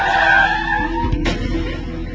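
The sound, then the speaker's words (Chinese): A racing car brakes hard to avoid a small dog in its lane, tires letting out a sustained high screeching skid over a low engine rumble, with a brief thump partway through before the squeal fades into a steady drone. “坚，唔好去，刹车啊！”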